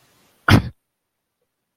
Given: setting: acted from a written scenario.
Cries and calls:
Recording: vocal sound without words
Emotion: contempt

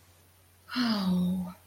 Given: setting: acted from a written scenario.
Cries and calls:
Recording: vocal sound without words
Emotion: shame

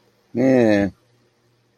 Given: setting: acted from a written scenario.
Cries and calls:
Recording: vocal sound without words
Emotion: neutral

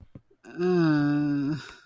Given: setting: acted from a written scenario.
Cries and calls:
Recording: vocal sound without words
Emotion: guilt

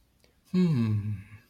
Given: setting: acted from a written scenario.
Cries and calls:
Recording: vocal sound without words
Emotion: contentment

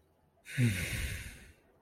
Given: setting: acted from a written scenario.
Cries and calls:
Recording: vocal sound without words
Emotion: contentment

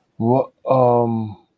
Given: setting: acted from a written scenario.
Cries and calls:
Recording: vocal sound without words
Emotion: embarrassment

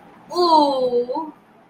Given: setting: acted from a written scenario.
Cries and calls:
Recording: vocal sound without words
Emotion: shame

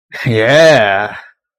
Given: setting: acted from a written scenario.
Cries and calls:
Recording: vocal sound without words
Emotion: triumph

